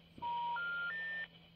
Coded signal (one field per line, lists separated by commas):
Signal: telephone call progress tone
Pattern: special information tone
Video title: Allstar Node - Ham Radio ?